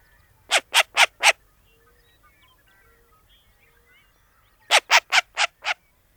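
Short-eared owl giving harsh, barking calls in rapid series, four notes then after a pause five more, with quiet background between.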